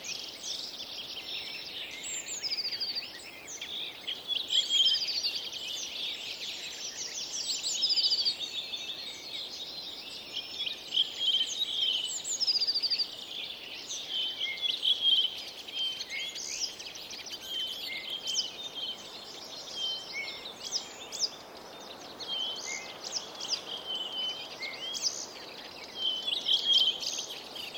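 Birds sing and call continuously over a soft outdoor ambience, many voices overlapping in a dense, high chorus of chirps, trills and whistles. Louder calls stand out every few seconds, while a faint low hiss runs steadily underneath throughout.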